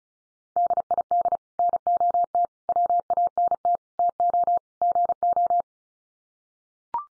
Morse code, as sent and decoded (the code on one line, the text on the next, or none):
-.. .. -.. / -. --- - / .-- .- -. - / - --- / --. ---
DID NOT WANT TO GO